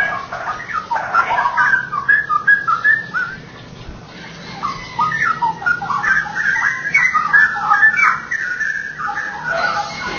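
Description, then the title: Oriental magpie-robin: songbird giving a varied string of whistled notes and short chirps, quieter in the middle, over a noisy hissing background. "Kicau Kacer"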